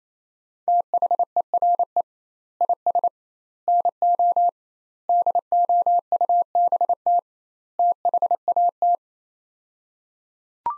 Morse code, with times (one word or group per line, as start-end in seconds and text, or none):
0.7-2.0 THERE
2.6-3.1 IS
3.7-4.5 NO
5.1-7.2 DOUBT
7.8-9.0 THAT